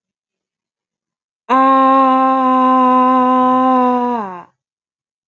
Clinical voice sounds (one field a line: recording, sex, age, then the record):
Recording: vowel held as long as possible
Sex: female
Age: 20 to 29 years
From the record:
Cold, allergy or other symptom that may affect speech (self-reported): no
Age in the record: 26 years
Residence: Florida, United States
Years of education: 20